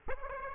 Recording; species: mosquito wingbeat signal from an infrared sensor; Aedes aegypti